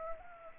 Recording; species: mosquito wingbeat signal from an infrared sensor; Anopheles arabiensis